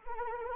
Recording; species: mosquito wingbeat signal from an infrared sensor; Anopheles arabiensis